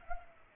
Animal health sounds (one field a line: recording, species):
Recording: mosquito wingbeat signal from an infrared sensor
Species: Culex pipiens